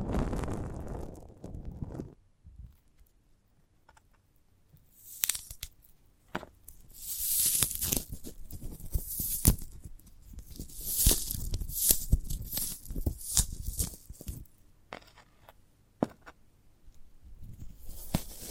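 A sprouted coconut is handled and broken into, with bursts of tearing and crunching. The first two seconds carry a low rumble, then quiet gives way to dense, bright crackling clusters from about five seconds on, interrupted by sharp snaps and brief pauses.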